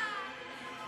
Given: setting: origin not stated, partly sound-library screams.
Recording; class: one-second piece from a danger detection set; woman in danger